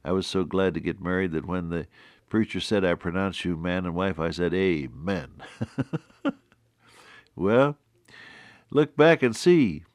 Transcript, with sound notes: I was so glad to get married, that when the preacher said, “I pronounce you man and wife.” I said, “Amen.” (Laughs) Well, look back and see